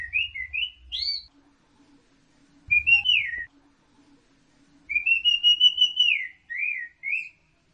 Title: Burung Anis Merah